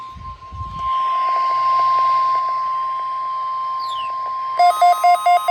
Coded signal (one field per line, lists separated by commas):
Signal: Emergency Alert System (SAME) tones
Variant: 1050 Hz attention tone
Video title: 4/8/26 - KHB38, WXJ94 & WXK97 Required Weekly Tests (EAS #1413-EAS #1415)